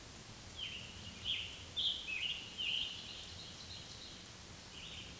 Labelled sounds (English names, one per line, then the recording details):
Scarlet Tanager song
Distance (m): 35 m
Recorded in a Pennsylvania forest on 1 June 2023 at 08:09
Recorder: AudioMoth, point grid3_13_high
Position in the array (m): 163 m, 142 m